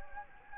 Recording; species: mosquito wingbeat signal from an infrared sensor; Anopheles gambiae